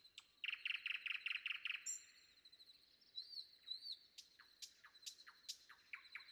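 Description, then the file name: Common nightingale singing a fast run of loud repeated chuckling notes, then soft rising whistles and a string of sharp, clipped notes. Sung before dawn. "predawn nightingale"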